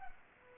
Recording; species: mosquito wingbeat signal from an infrared sensor; Culex pipiens